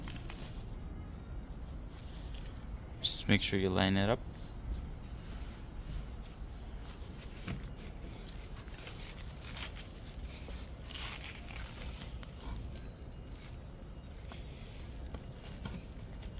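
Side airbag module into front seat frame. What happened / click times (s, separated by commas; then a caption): The part is being lined up and handled; no clear seating yet / none. A replacement side airbag module for a Tesla Model 3 front seat is lined up against the seat frame while someone talks briefly. Faint taps and rustles of handling follow against a low steady background. Nothing has seated or clicked into the seat frame yet.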